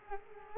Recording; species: mosquito wingbeat signal from an infrared sensor; Culex quinquefasciatus